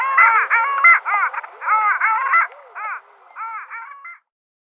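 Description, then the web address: Long-tailed duck giving yodelling, wavering nasal calls in several bursts that thin out and stop near the end. Male. "Schulze Peter Long-tailed Duck"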